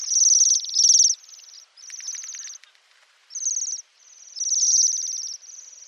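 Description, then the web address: Bohemian waxwing trilling, high buzzy notes in loud clusters with brief gaps, a few faint clicks between them. "pinson siffleur bombycilla garrulus"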